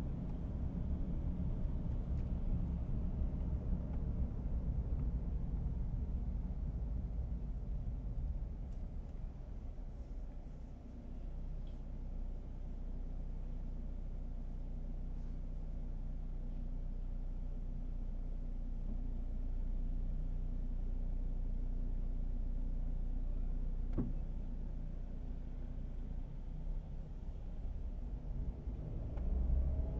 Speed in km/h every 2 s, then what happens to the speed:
29, 29, 21, 13, 6, 0, 0, 0, 0, 0, 0, 0, 0, 4, 8.
2-9 brakes to 0. 9-24 standing. 24-30 pulls away to 8.